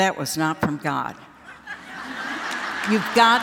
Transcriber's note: laughter